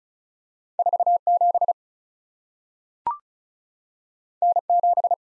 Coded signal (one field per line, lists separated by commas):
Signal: Morse code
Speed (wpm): 36 wpm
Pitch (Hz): 700 Hz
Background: none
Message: 47 N7